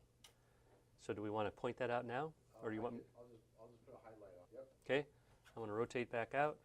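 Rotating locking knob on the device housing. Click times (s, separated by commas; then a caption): 0.2 s. A rotating locking knob on the housing of an HP E7 Mono unit is turned until it clicks into its locked position, the point marked by a click or a white indicator showing. A single sharp tick is heard at 0.3 s, and the knob is seated. Afterward, someone talks.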